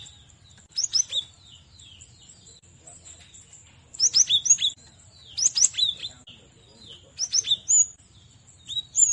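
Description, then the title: Cinereous tit singing clear, high whistled notes in short, uneven phrases that repeat several times, some notes sliding downward, over a soft low background hum. Masteran recording used to train other songbirds. "Masteran Gelatik Batu"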